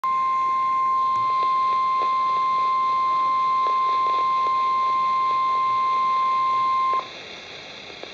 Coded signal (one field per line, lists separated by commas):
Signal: Emergency Alert System (SAME) tones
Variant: 1050 Hz attention tone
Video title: Special Marine Warning (EAS #571)